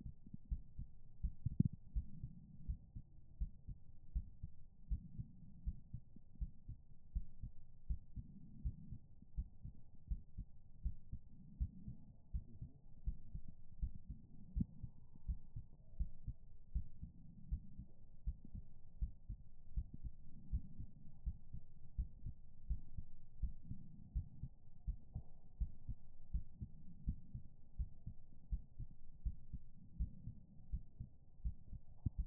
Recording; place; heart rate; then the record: heart sounds by stethoscope; pulmonary valve (PV); 80 bpm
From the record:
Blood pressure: 133/77 mmHg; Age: 36 years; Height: 163 cm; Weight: 85 kg